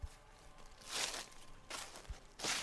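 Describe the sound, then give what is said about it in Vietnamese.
Slow footsteps walking behind someone on a muddy dirt road at night: three soft, crunching steps spaced about a second apart, each a brief scuffing burst with faint low thuds between, and no voices. “bà lành chợt nghe có tiếng bước chân ở đằng sau lưng”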